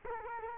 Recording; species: mosquito wingbeat signal from an infrared sensor; Culex quinquefasciatus